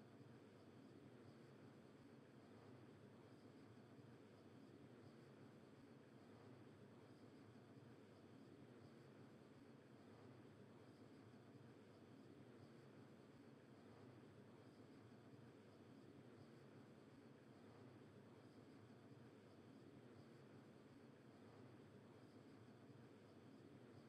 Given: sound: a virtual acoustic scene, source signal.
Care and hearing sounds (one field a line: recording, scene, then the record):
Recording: noise of the scene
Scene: olnoise of S0N0 and S0N90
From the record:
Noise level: 65 dB SPL